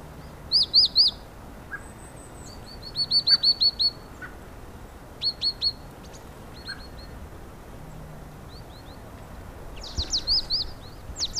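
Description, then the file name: Great tit calls: short bursts of several high, arched notes, separated by pauses of a second or more, with faint lower chips in between. "Parus major"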